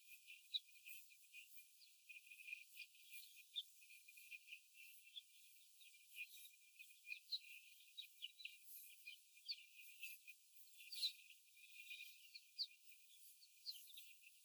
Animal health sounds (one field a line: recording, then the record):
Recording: young laying hens in a cage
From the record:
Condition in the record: before the stressor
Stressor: simulated dog barking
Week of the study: 4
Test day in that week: 1